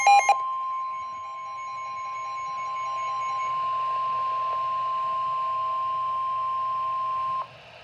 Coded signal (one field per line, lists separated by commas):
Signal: Emergency Alert System (SAME) tones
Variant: 1050 Hz attention tone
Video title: TORNADO WARNING FOR MY COUNTY (EAS#21)